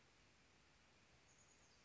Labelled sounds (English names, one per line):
Chestnut-backed Chickadee